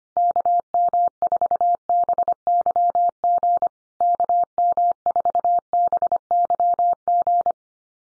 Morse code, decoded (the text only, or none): KM4BYG KM4BYG